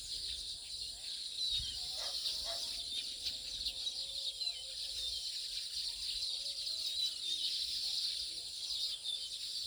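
Baya weaver chattering: a steady wash of high squeaky, wheezy notes with a few brief lower knocks and thumps early on.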